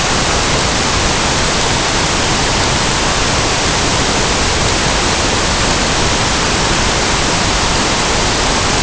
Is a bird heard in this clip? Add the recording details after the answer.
no. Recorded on Arctic tundra, site NAIT-1, on 23 June 2018. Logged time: 19:00